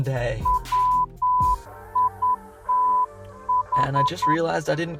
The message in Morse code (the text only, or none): WITH